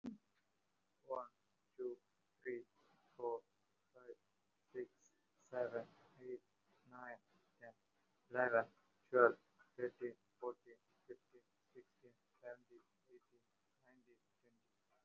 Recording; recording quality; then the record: counting at a normal pace; excellent, no background noise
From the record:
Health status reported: recovered from COVID-19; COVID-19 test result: positive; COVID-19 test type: RT-PCR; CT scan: not taken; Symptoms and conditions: cold, asthma, another condition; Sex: male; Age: 19 years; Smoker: no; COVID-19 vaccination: one dose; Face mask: worn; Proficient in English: yes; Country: India